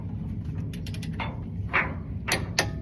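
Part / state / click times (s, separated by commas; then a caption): torque wrench on car wheel lug nut / torque reached / 2.3 s, 2.6 s. A torque wrench ratchets a rear wheel lug nut tight on a Tesla, with quick light ratchet clicks around 0.7 to 1.0 s over a steady low hum. The wrench then gives its sharp setting clicks at 2.3 s and 2.6 s, confirming the nut has reached torque.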